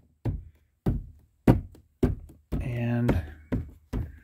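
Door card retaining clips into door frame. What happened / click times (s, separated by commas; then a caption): The door panel is being tapped in place; no clip has clearly seated yet / none. Someone taps around the plastic door card of a 2010 Ford Fusion with a wrist to push its retaining clips into the door frame, making a series of dull knocks at about 0.3, 0.9, 1.5, 2.0, 3.5 and 3.9 seconds, while someone talks briefly in between. Nothing has seated or clicked yet.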